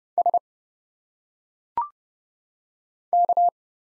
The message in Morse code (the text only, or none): S K